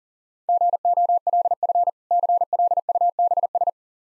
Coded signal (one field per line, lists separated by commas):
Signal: Morse code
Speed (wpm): 40 wpm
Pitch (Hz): 700 Hz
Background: none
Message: GOLF CLUBS